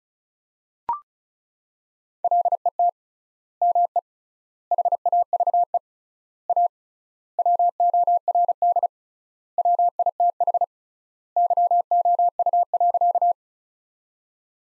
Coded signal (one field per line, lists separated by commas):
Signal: Morse code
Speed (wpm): 34 wpm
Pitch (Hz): 700 Hz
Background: none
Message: LET ME HAVE A WORD WITH YOU.